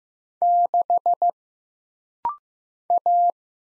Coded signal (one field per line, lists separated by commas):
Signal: Morse code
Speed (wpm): 15 wpm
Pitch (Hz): 700 Hz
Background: none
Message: 6 A